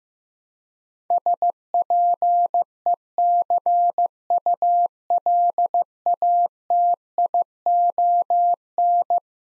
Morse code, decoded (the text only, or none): SPECULATION